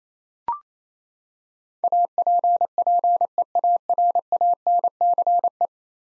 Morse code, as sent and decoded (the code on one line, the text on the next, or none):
.- .--. .--. . .- .-. .- -. -.-. .
APPEARANCE